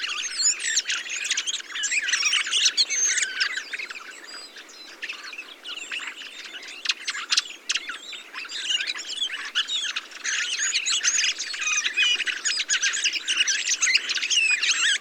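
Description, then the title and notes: Many thrushes singing at once, a continuous twittering mass of whistled and scratchy notes, slightly softer in the middle, then swelling again. Large mixed flock of mistle thrushes, song thrushes, redwings, fieldfares and some blackbirds feeding on abundant berries, singing; blue sky; Montagne du Puy, Drôme; 22 November 2020; Nagra Seven, Telinga Pro7 parabola. "POT-POURRI DE GRIVES. 22 novembre 2020-Montagne du Puy - Drôme. Grives draine, musicienne, mauvis et litorne plus quelques merles"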